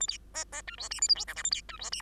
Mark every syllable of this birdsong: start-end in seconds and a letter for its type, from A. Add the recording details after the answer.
0.00-0.07 A, 0.08-0.17 B, 0.34-0.44 C, 0.52-0.62 C, 0.67-0.77 D, 0.78-0.89 E, 0.90-1.01 F, 1.01-1.08 G, 1.08-1.15 H, 1.15-1.25 I, 1.27-1.35 J, 1.36-1.43 K, 1.44-1.50 A, 1.51-1.61 B, 1.69-1.79 D, 1.79-1.91 E, 1.92-2.02 F. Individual Bird2